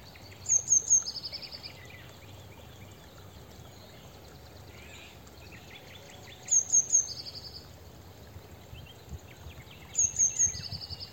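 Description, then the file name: Eurasian blue tit call: three very high, thin notes followed by a lower buzzy trill, given three times, with faint other bird notes and low rumble. "Cyanistes caeruleus"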